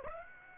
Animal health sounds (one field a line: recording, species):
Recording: mosquito wingbeat signal from an infrared sensor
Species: Aedes aegypti